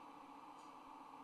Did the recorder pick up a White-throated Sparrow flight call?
no